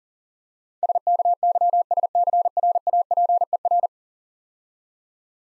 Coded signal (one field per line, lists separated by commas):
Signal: Morse code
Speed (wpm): 41 wpm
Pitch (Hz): 700 Hz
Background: none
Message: SKYSCRAPER